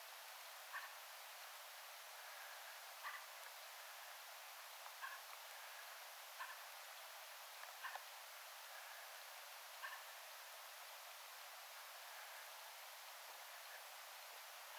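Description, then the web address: Fieldfare alert calls: several brief, dry chack notes spaced through the first ten seconds, over constant background hiss. Alert or attention calls, recorded 17 December 2024 in an island village, the sound echoing slightly between small houses. "paivat 17 12 2024 rakattirastaan huomioaantelya kaikuu hieman pikkutalojen valissa saaressa kylassa"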